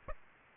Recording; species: mosquito wingbeat signal from an infrared sensor; Aedes aegypti